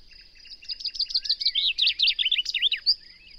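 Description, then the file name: Common chaffinch song: a rattling series of short notes dropping in pitch, ending in a brisk flourish, over a steady high thin whine. "Fringilla coelebs"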